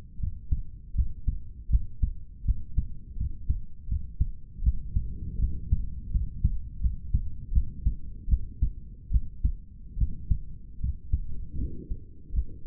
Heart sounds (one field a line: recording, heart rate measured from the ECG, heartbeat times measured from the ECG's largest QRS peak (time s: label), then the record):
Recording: heart sounds by stethoscope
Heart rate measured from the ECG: 79 bpm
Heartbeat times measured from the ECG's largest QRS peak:
0.19 s: heartbeat
0.95 s: heartbeat
1.69 s: heartbeat
2.45 s: heartbeat
3.17 s: heartbeat
3.88 s: heartbeat
4.63 s: heartbeat
5.39 s: heartbeat
6.11 s: heartbeat
6.80 s: heartbeat
7.52 s: heartbeat
8.28 s: heartbeat
9.11 s: heartbeat
9.97 s: heartbeat
10.80 s: heartbeat
11.58 s: heartbeat
12.33 s: heartbeat
From the record:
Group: healthy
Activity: rest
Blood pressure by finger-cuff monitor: 108/87 mmHg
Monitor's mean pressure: 93 mmHg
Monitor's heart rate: 80 bpm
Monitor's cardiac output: 5.7 L/min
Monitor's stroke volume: 70 mL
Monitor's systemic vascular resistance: 1210 dyn s/cm5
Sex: male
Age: 21 years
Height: 170 cm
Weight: 71 kg